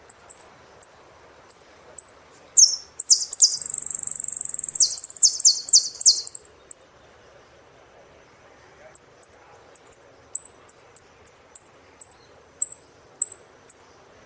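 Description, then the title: Saffron finch song: sharp single high chirps at first, a dense burst of trilled and sliding notes midway, then a quick run of repeated thin chirps. "Jilguero Argentino"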